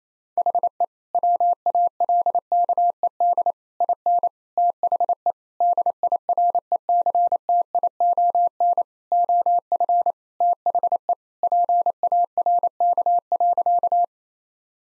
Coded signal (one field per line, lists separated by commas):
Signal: Morse code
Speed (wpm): 28 wpm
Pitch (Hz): 700 Hz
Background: none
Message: HE WALKED IN THE DIRECTION OF THE PARK.